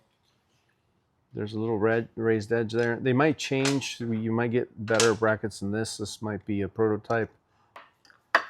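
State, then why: Seated. A reverse light is pushed into its mounting bracket on an aluminum rear bumper while someone talks. After a few faint handling sounds, one sharp, loud click is heard at 8.3 s as the light seats into the bracket.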